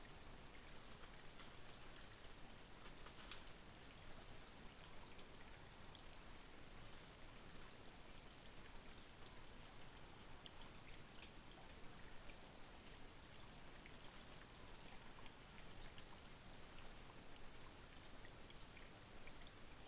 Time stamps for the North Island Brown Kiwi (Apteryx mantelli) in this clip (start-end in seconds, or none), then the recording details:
none. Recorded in New Zealand on 25 November 2015. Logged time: 01:28. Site CH66